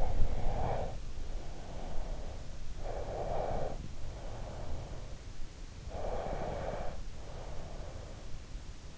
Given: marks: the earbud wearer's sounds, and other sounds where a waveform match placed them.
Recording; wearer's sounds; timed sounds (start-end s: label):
sounds in sleep by an in-ear microphone; breath
0.00-2.60 s: breath
2.82-5.01 s: breath
5.96-8.18 s: breath